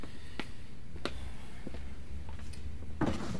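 A drawer behind a counter is pulled open with a few short wooden knocks and scrapes spread across a few seconds, ending in a louder rattling slide over a low, steady background hum.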